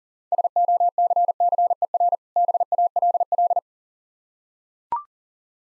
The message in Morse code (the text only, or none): SOCCER BALL